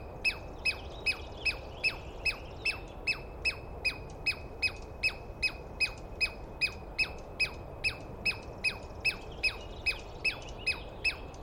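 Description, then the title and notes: Douglas squirrel calls: rapid, regular run of shrill falling chirps, about two and a half per second. Douglas pine squirrel screaming at length at dawn, morning of 21 April 2017, East Cascades; recordist woken by it; identified by sound, not clearly seen. "On the morning of 21 April, 2017, I set up my microphones and recorder for a nice dawn recording in the East Cascades. I was started awake by a screaming Douglas Pine Squirrel."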